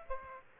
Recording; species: mosquito wingbeat signal from an infrared sensor; Aedes aegypti